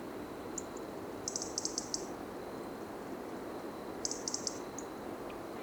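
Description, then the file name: European robin call series: two quick runs of sharp high ticks, separated by a short pause, with steady background noise. "Erithacus rubecula"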